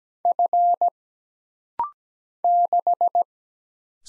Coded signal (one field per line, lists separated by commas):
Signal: Morse code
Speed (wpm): 17 wpm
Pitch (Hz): 700 Hz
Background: none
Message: F 6